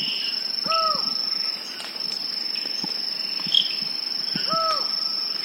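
Collared forest falcon calls: two short, arched hoot-like notes about four seconds apart, over a steady high insect drone and scattered cricket chirps.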